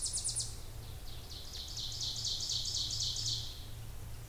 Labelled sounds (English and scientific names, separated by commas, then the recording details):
Ovenbird (Seiurus aurocapilla) song
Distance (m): 35 m
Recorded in boreal forest in Alberta, Canada, on 26 May 2016 at 08:12
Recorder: SongMeter 3, array SBT-3-15
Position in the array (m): 53 m, 222 m
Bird 20